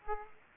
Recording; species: mosquito wingbeat signal from an infrared sensor; Aedes aegypti